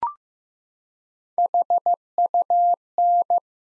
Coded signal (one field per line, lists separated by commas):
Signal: Morse code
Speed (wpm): 15 wpm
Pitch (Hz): 700 Hz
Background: none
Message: HUN